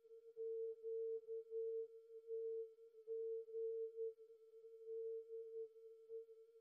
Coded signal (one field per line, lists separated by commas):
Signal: Morse code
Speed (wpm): 11 wpm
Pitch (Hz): 450 Hz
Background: none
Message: QTG DE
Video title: NDB DX - LAQR7-410, Normand Vision, Off Haugesund, Southern Norway (683km)